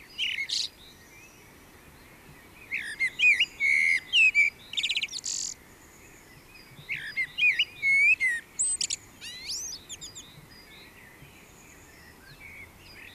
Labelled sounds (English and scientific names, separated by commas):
Common Blackbird (Turdus merula) song